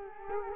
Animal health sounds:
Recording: mosquito wingbeat signal from an infrared sensor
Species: Culex quinquefasciatus

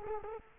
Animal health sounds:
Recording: mosquito wingbeat signal from an infrared sensor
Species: Culex quinquefasciatus

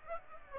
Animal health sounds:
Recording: mosquito wingbeat signal from an infrared sensor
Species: Aedes aegypti

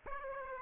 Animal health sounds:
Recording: mosquito wingbeat signal from an infrared sensor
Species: Aedes aegypti

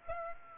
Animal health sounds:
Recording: mosquito wingbeat signal from an infrared sensor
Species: Aedes aegypti

